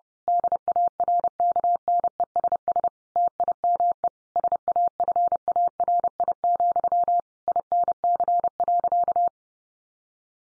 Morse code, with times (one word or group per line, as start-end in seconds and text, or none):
0.3-2.9 DARKNESS
3.2-4.1 TIME
4.4-7.2 SAFARI,
7.5-9.3 INC.